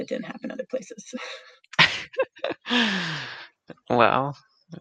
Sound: laughs